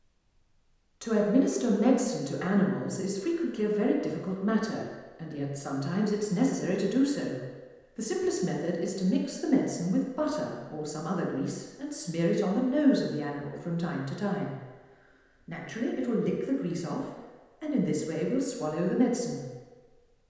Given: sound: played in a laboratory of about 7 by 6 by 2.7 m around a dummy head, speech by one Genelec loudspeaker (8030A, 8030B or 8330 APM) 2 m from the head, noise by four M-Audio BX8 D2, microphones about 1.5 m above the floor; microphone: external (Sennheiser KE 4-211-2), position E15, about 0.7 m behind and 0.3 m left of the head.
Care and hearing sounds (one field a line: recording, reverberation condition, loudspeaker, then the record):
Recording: female speech in English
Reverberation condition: high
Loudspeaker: 150 degrees to the right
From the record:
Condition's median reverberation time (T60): about 1300 ms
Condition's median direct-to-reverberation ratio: about -4.0 dB